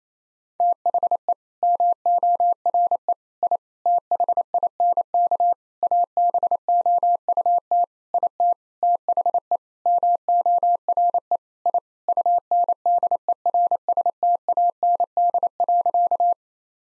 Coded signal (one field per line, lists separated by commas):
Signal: Morse code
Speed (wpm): 27 wpm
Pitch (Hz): 700 Hz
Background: none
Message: THE MORE I THINK ABOUT IT THE MORE I UNDERSTAND.